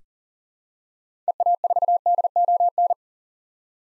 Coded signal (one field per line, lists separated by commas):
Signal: Morse code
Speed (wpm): 40 wpm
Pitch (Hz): 700 Hz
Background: none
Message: EA4DON